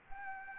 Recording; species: mosquito wingbeat signal from an infrared sensor; Anopheles gambiae